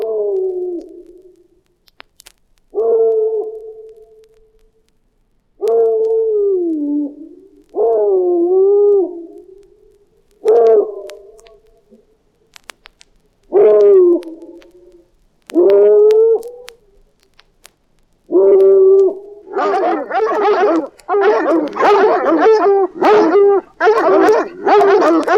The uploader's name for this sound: Chilling, Thrilling Sounds of the Haunted House